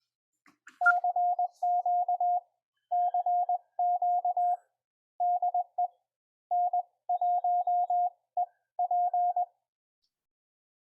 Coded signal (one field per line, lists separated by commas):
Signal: Morse code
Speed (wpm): 20 wpm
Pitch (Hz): 710 Hz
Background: none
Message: CQ CQ DE N1EP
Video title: A Passion For Ham Radio!